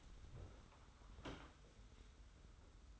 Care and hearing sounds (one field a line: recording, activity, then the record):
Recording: daily activity, microphone in the room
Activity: open door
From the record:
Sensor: 3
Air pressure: 991.6 hPa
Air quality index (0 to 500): 144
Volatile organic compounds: 379 ppm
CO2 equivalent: 4636 ppm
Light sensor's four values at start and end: 41/116/47/41 and 41/116/47/41